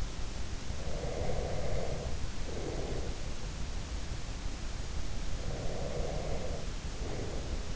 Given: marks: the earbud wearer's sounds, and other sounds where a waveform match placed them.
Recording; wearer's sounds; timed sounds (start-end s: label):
sounds in sleep by an in-ear microphone; breath
0.71-3.28 s: breath
5.38-7.76 s: breath